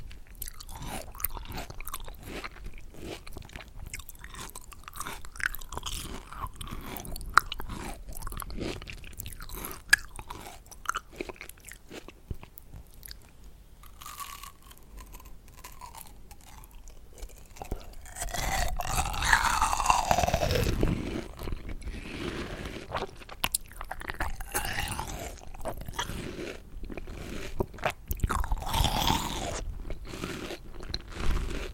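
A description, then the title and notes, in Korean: Someone eats watermelon, with dense, irregular wet crunches and bites through the whole 32 seconds. Chewing is soft and clicky early on, then grows louder and juicier from about 18 seconds, with bursts of slurping near 20 and 29 seconds. 사각사각 수박 먹으면서.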